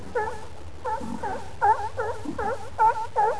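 Seal calls: short, wavering harmonic yelps repeated in a quick irregular series, with a few low grunts between them.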